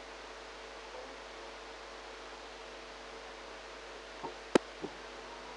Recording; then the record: brain microelectrode recording played as sound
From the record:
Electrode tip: outside the subthalamic nucleus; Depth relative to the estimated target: 1 mm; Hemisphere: right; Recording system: NeuroSet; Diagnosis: Parkinson's disease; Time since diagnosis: 8 years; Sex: female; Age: 45 years